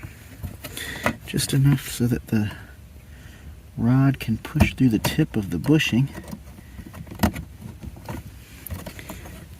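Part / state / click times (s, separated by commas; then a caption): shift cable bushing onto shifter linkage rod / not seated / none. A trimmed substitute plastic bushing on the shift cable end of a 2005–2012 Nissan Pathfinder is handled at the shifter linkage rod while someone talks. Light handling noise and a few small, sharp ticks and taps are heard. Nothing has seated or clicked into place yet.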